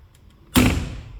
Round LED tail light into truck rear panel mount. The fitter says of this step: you can hear it snap get it in there